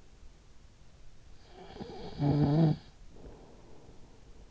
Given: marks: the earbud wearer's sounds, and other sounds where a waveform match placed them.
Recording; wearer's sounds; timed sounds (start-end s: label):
sounds in sleep by an in-ear microphone; snoring breath
0.84-4.50 s: snoring breath